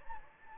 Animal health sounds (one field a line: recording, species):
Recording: mosquito wingbeat signal from an infrared sensor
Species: Anopheles gambiae